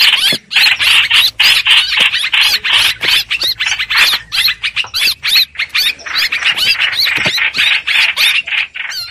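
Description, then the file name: Streak-eared bulbul calling with quick, scratchy repeated notes, slightly uneven in rhythm, continuing without break for the whole stretch. Distress call, given while calling the flock. "Tieng chim trao trao keu cuu goi bay"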